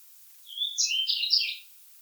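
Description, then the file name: European robin delivering one short high, liquid, jumbled warbled phrase lasting just over a second, against quiet background. "Erithacus rubecula"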